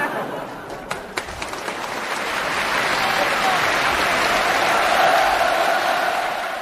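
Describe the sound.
A crowd breaks into sustained, warm applause at the end of the xiangsheng (crosstalk) performance 'Elevator Encounter' by Jiang Kun and Tang Jiezhong, a dense wash of clapping that swells and holds steady, with a few sharper individual claps and faint voices mixed in near the start.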